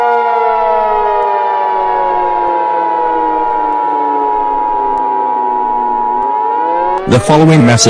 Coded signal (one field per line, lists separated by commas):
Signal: Emergency Alert System (SAME) tones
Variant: 853 and 960 Hz attention tone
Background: speech